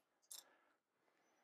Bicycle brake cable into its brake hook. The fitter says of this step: it like so, then you get the other piece over, and usually you'll hear a little snap. Like